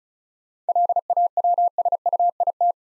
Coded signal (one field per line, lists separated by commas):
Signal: Morse code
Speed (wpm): 36 wpm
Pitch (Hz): 700 Hz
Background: none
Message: LAWSUIT